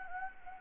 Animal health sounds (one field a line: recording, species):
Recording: mosquito wingbeat signal from an infrared sensor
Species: Anopheles gambiae